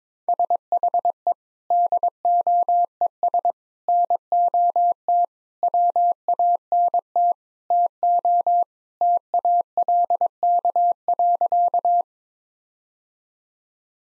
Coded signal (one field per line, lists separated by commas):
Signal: Morse code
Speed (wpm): 22 wpm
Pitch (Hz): 700 Hz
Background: none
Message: SHE DOES NOT WANT TO TALK.